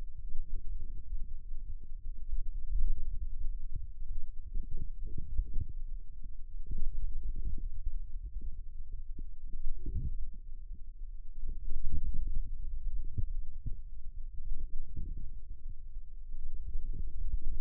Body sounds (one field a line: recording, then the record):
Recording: forearm muscle sounds (acoustic myography)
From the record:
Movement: radial deviation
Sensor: system 2, bracelet of six BSWA MPA416 microphones around the upper forearm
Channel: 6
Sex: male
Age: 22 years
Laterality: right